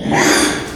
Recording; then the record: squeal of a Yucatan mini pig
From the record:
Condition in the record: after surgery on the right vocal fold (resection and tissue-engineered implant); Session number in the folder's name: 3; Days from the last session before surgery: 33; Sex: male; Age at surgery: 12 weeks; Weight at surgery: 13 kg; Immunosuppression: cyclosporine, prednisolone